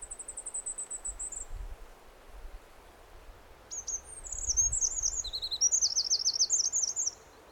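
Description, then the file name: Eurasian wren with a brief high trill, then after a pause a vigorous, rapid phrase of rattling trills and sharp notes, over a soft low rumble. "Troglodytes troglodytes"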